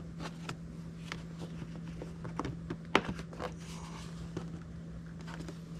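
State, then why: Seated. A plastic side trim plate is pressed back onto a 2021 Yamaha MT-03 motorcycle during an air filter change so its clips and pin engage. Several small clicks and plastic scrapes sound over a steady low hum. The loudest, sharpest snap at 3.0 s marks the trim plate seating in place.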